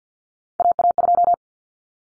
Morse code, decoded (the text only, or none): AA2